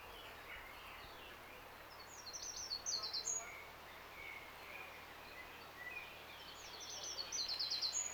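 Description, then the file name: Eurasian wren giving two bursts of high, rapid sharp notes over constant background hiss. "Troglodytes troglodytes"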